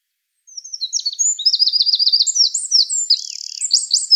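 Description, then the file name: Eurasian wren delivering a shrill, fast song of rattling trills and quick piercing notes, starting after a brief pause and running to the end. "Troglodytes troglodytes"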